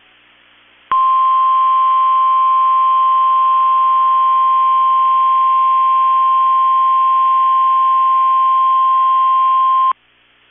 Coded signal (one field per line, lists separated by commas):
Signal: Emergency Alert System (SAME) tones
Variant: 1050 Hz attention tone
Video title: 12/1/21 - KEC65 Required Weekly Test (EAS #296)